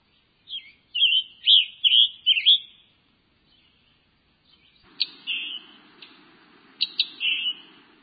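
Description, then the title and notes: Scarlet tanager singing a run of hoarse, burry, robin-like phrases, a pause, then sharper notes and further burry phrases, with a low hum in the second half. Male, at Anahuac National Wildlife Refuge, Texas. "Scarlet Tanager on Reeds was taken at the Anahuac National Wildlife Refuge in Texas"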